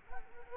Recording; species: mosquito wingbeat signal from an infrared sensor; Culex quinquefasciatus